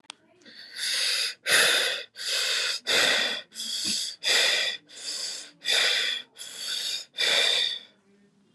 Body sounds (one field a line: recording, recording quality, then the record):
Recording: shallow breathing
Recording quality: excellent, no background noise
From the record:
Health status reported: exposed to COVID-19, no respiratory illness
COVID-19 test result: not tested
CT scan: not taken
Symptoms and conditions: cough, cold, breathing difficulty, sore throat, fever, fatigue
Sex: male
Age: 31 years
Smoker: no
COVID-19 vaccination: both doses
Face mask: not worn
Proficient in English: yes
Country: India